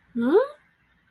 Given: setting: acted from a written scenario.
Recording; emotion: vocal sound without words; confusion